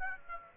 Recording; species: mosquito wingbeat signal from an infrared sensor; Aedes aegypti